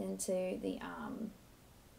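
An embroidery hoop is being slid onto the embroidery arm of a Singer EM9305 embroidery sewing machine, and it is meant to click into place; on an earlier first attempt it failed because that click never came. Someone talks briefly over the handling, then the sound drops to quiet background from about 1.3 s. Nothing has seated or clicked yet.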